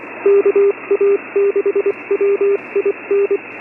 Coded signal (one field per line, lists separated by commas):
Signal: Morse code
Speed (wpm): 25 wpm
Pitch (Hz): 400 Hz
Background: radio noise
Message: KA6WIN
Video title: 🔴 K6EGG Live stream 6-12-25 DMR, DStar, HF and FT8 Icom IC-9700 AND IC-7610 HF antenna